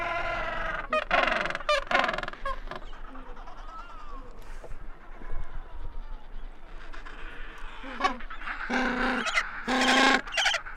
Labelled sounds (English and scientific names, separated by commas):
Gentoo Penguin (Pygoscelis papua) call